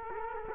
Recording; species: mosquito wingbeat signal from an infrared sensor; Culex quinquefasciatus